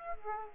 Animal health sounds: mosquito wingbeat signal from an infrared sensor; Aedes aegypti

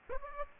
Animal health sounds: mosquito wingbeat signal from an infrared sensor; Aedes aegypti

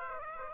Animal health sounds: mosquito wingbeat signal from an infrared sensor; Aedes aegypti

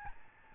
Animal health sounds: mosquito wingbeat signal from an infrared sensor; Aedes albopictus

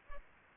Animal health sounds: mosquito wingbeat signal from an infrared sensor; Aedes aegypti

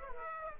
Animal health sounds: mosquito wingbeat signal from an infrared sensor; Aedes aegypti

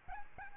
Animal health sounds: mosquito wingbeat signal from an infrared sensor; Aedes albopictus

